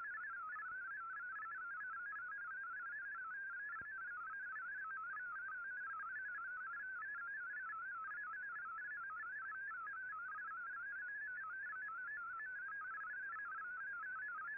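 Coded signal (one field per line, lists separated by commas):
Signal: multi-tone FSK (Olivia or MFSK type)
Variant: MFSK32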